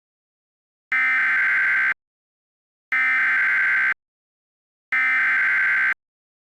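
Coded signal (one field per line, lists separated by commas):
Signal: Emergency Alert System (SAME) tones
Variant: header bursts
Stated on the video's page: Remake alert made with valid EAS tones.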